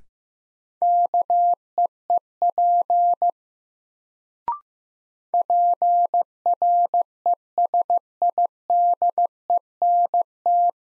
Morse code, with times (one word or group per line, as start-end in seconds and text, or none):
0.8-3.3 KEEP
5.3-10.7 PRESIDENT